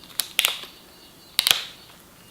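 A cordless drill's keyless chuck sleeve is rotated clockwise to tighten it on a drill bit. Sharp ratchet clicks sound at 0.2 s, 0.4 s and 1.4 s, with smaller follow-up clicks just after each group. The chuck is confirmed tight on the bit.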